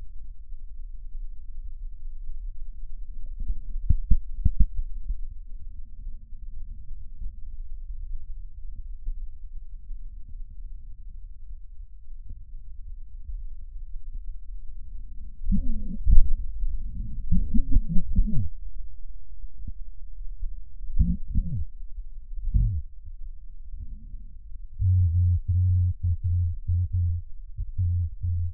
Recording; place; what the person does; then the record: lung sounds by stethoscope; right posterior basal chest; quiet breathing, then cough and speech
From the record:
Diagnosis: none (healthy); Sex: male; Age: 34 years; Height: 174 cm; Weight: 93 kg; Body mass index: 30.7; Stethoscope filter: bell mode